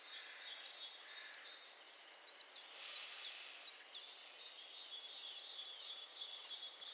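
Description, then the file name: Eurasian blue tit producing high, rapid strings of short falling notes, a quieter break of soft twitters, then another fast burst. "Cyanistes caeruleus"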